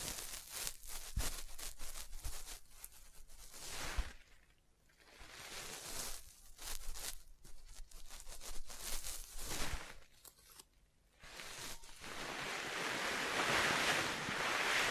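Tapping and scratching come in short, uneven bursts, with sharp taps near 1, 2, 4 and 10 seconds between bright, rough scraping strokes. Brief near-silent gaps fall around 5 and 11 seconds. A dense, steady hiss of rubbing fills the last three seconds.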